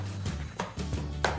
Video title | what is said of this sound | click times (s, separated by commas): How to Attach Car Seat to J is for Jeep Sport Utility Stroller/Jogger | So you're just gonna line it all up push down, and then you'll hear it all snap into place. | 0.6 s, 1.2 s